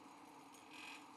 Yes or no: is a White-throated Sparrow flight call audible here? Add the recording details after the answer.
no. No flight call is heard. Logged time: 10:18 on 5 December 2014